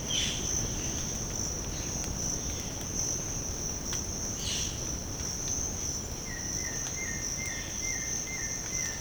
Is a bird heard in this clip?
no